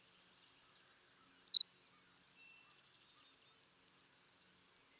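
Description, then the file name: Henslow's sparrow giving one short, high, hiccuping phrase that drops sharply in pitch, over a steady pulsing insect trill. "Ammodramus henslowii - Henslow's Sparrow"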